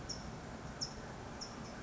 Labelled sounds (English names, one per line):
California Towhee